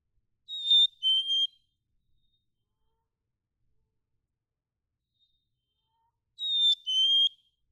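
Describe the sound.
Black-capped chickadee whistled song, two pure notes stepping down in pitch, given once and then repeated after several seconds of silence.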